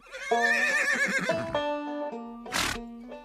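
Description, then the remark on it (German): A horse, Balduin, ridden by a Prussian cuirassier, whinnies loudly in a long, wavering, high-pitched neigh, then lets out a short harsh snort before a lower, fading whicker. “Freiwillig wurde er Rekrut und ritt als Preußen Kürassier auf Balduin, dem stolzen Tier.”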